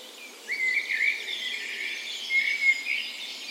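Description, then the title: Bird song in a chorus, with a short whistled phrase near the start and another after two seconds over soft background twittering. Dawn chorus on the morning of 17 May, Norway's National Day, in a park west in Bergen, Norway, in spring; recorded with Sony PCM A10 and LOM Micro Usi microphones as tree ears. "17th Of May Dawn Chorus"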